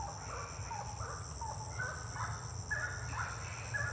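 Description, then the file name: Birds calling in short, blurred notes repeated about once a second, half-covered by strong low rumbling noise and a steady high hum. Birds singing at night; intense song. "Passaros cantando a noite canto intenso"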